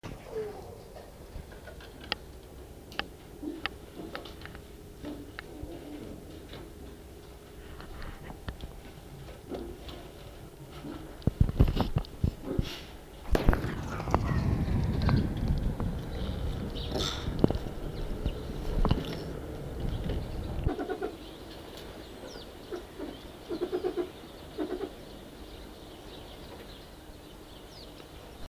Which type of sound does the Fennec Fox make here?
defence call